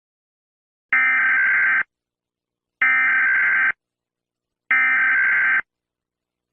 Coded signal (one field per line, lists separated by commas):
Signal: Emergency Alert System (SAME) tones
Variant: header bursts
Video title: EAS Alarm# The killer. (Read description before watching video !￼)